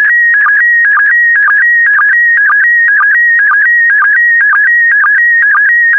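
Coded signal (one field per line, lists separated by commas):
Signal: SSTV (slow-scan television)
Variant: PD120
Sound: steady warbling tone around 1.9 kHz broken by rhythmic low sync chirps, about two per second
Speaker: complete. You can now check your decoded image against the picture that is shown on the video.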